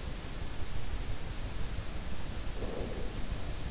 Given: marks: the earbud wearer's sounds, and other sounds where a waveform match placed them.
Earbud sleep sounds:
sounds in sleep by an in-ear microphone; breath
2.17-3.65 s: breath

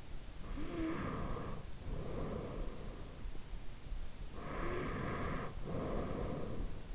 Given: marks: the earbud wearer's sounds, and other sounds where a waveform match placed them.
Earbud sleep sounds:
sounds in sleep by an in-ear microphone; breath
0.47-2.87 s: breath
4.20-6.63 s: breath

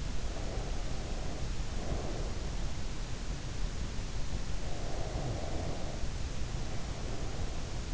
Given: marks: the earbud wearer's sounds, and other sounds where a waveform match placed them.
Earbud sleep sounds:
sounds in sleep by an in-ear microphone; breath
0.07-2.80 s: breath
4.36-7.93 s: breath

